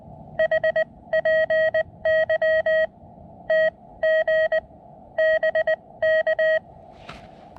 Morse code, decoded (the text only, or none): HPY TG BK